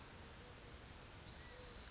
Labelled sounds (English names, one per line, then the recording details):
California Quail
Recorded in Sonoma County, California